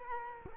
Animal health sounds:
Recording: mosquito wingbeat signal from an infrared sensor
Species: Culex quinquefasciatus

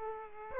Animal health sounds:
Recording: mosquito wingbeat signal from an infrared sensor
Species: Culex quinquefasciatus

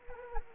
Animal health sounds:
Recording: mosquito wingbeat signal from an infrared sensor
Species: Anopheles arabiensis

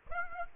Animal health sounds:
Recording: mosquito wingbeat signal from an infrared sensor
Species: Aedes aegypti

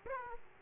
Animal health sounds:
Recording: mosquito wingbeat signal from an infrared sensor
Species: Aedes aegypti

